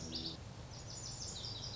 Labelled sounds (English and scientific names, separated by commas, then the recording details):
Lazuli Bunting (Passerina amoena)
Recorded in Sonoma County, California